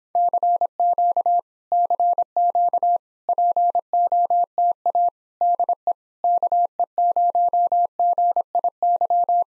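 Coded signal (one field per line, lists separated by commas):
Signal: Morse code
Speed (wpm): 26 wpm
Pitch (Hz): 700 Hz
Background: none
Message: CQ CQ POTA DE KE0GIY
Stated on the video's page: Morse speed-racing practice of common QSO phrases, starting at 1.5 times the 17 wpm base speed, slowing down, with a final repeat at maximum speed.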